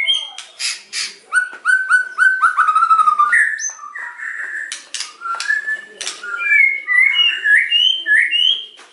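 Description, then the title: White-rumped shama song: rich whistled phrases, a run of repeated clear notes near the start, then sliding and rising whistles with sharp clicks between them. White-rumped shama singing energetically (gacor), used as a lure (pancingan) to provoke a response from other birds. "PANCINGAN MEWAH MURAI BATU GACOR"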